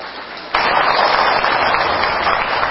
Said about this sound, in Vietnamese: Xin quý vị tán thán một tràng pháo tay.